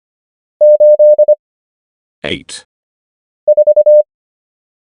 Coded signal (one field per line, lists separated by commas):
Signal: Morse code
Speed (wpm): 25 wpm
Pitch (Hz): 600 Hz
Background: none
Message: 84